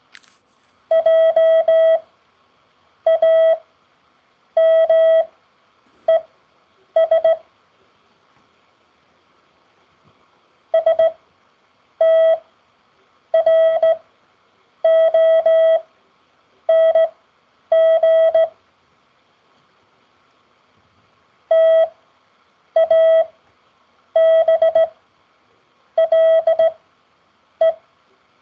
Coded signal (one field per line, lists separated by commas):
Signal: Morse code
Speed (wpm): 17 wpm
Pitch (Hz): 650 Hz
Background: none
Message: JAMES STRONG TABLE